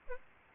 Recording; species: mosquito wingbeat signal from an infrared sensor; Aedes albopictus